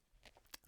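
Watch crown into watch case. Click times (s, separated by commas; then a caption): 0.5 s. The metal winding crown of an Orient Star Contemporary Date RE-AU0109L mechanical wristwatch is pushed from the time-setting position back into the case. Small ticks come before a sharp, positive click at 0.5 s, followed by another brief tick. The crown seats without the minute hand jumping out of position.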